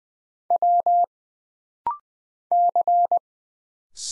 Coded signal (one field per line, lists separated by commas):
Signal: Morse code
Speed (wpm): 20 wpm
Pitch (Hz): 700 Hz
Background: none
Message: W C